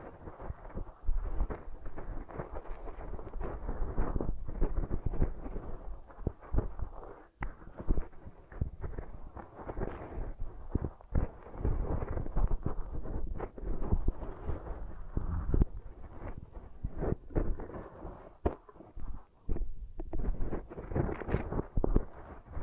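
Beeswax ear triggers: a dense, nonstop stream of sticky squishing and crackling, mostly low and muffled with little brightness. Sharp pops and clicks come thick and irregular over a rumbling bed, with brief pauses near 7 and 19 seconds.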